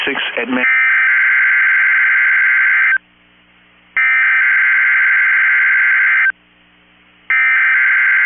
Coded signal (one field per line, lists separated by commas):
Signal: Emergency Alert System (SAME) tones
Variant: header bursts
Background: speech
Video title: EAS: After Several Decades NWS Chanhassen/Twin Cities Ends Live Voice NOAA Weather Radio Testing